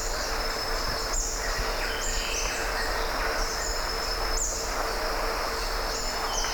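Wallace's hanging parrot calls: thin, high squeaky notes that slide briefly, repeated over a steady hum and a constant low drone.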